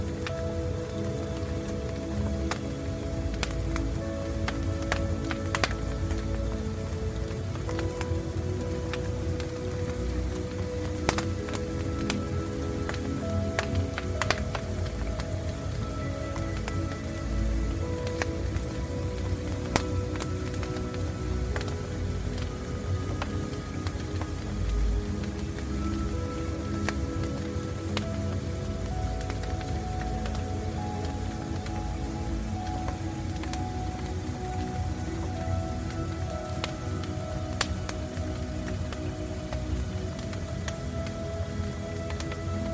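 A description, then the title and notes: A fireplace crackles and pops steadily throughout, with sharp snaps scattered every second or so over a dense, hissing bed. Soft, sustained low and middle tones of calm music drift underneath, shifting slowly. Loudness stays even from start to finish. Peaceful Fireplace with Meditation Music. Meditation music and nature sounds.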